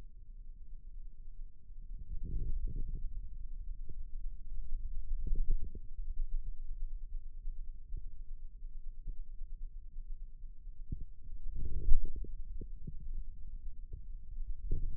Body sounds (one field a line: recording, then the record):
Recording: forearm muscle sounds (acoustic myography)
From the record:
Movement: radial deviation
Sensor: system 2, bracelet of six BSWA MPA416 microphones around the upper forearm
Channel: 4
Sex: male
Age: 22 years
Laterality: right